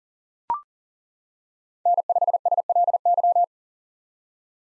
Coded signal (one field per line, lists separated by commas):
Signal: Morse code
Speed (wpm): 40 wpm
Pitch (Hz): 700 Hz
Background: none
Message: N5SLY